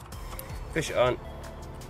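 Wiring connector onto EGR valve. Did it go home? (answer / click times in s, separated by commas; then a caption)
no / none. A plastic electrical wiring connector is being pushed onto the EGR valve of a Ford Transit 350 (Mk 6) van engine during EGR valve cleaning. Someone talks over faint handling noise and a low background hum. The connector is handled but nothing has seated or clicked yet.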